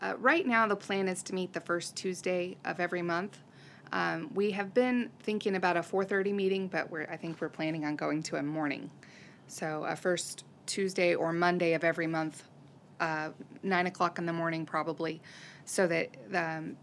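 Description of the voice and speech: An adult woman speaks fluently and clearly at an ordinary pace, with natural pauses between phrases.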